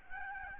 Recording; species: mosquito wingbeat signal from an infrared sensor; Aedes albopictus